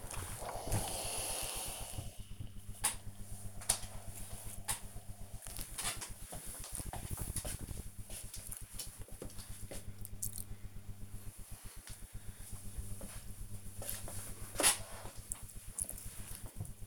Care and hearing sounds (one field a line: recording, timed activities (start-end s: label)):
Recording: household activities, microphone on the right wrist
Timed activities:
0.00-1.12 s: ironing laundry